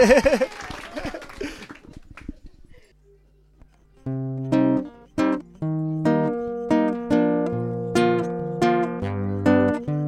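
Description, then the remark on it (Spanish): A short burst of audience applause and cheering welcoming a musical guest fills the first few seconds, then fades into a brief pause before a melodic stringed instrument starts playing a steady sequence of notes. “Bueno, Fafán y aplausos como quieras.”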